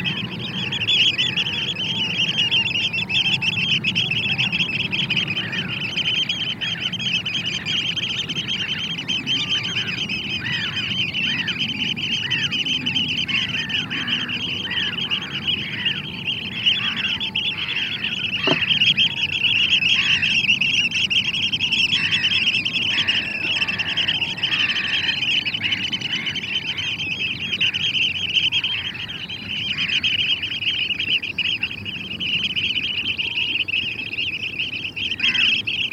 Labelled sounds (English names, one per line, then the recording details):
Eurasian Oystercatcher call
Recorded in the wild
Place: Glewitz, Insel Rügen, Mecklenburg-Vorpommern, DE
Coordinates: 54.252, 13.299
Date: 1976-04-17
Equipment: Nagra III BH, Sennheiser MD 21, parabola
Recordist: Schubert, Michael